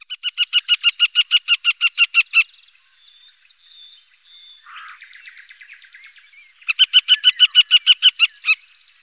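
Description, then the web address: Western marsh harrier chattering, two bursts of quick sharp notes at a steady rapid pace, separated by softer chirps and a brief low call. "Faglar Sound Brunkarrhok"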